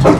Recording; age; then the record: pig call; growing-finishing pig (85 days or more)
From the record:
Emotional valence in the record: positive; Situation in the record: run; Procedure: transit